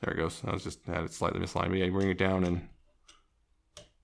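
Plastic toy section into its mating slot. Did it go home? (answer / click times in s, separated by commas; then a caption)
yes / 3.8 s. Someone talks while bringing a plastic section of a Transformers War for Cybertron: Earthrise Smokescreen toy down into its mating slot after it was slightly misaligned. After the talking stops, a sharp click is heard at 3.8 s as the section snaps and seats in place.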